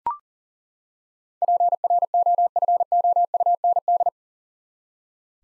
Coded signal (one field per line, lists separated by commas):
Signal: Morse code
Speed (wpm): 39 wpm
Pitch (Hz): 700 Hz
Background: none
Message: PROFOUND